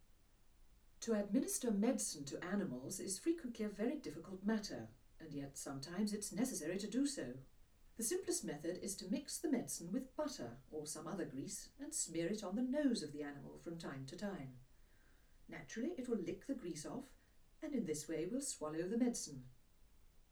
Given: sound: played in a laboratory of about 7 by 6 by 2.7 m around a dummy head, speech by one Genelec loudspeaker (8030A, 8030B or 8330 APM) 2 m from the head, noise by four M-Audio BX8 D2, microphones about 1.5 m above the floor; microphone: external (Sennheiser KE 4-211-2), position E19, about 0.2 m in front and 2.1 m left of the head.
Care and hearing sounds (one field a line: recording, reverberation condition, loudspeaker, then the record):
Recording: female speech in English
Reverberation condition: low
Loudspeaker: 30 degrees to the right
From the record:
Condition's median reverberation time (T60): about 310 ms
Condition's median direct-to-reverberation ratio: about 3.5 dB